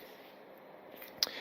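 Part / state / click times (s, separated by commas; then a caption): wallet flap magnetic closure on the card case / seated / 1.2 s. The leather flap of an Onrique smart wallet flops closed over its aluminium card case, and the magnetic closure snaps shut with a sharp click at 1.2 s. Before the click there is only faint low rustling, and the flap is locked in place.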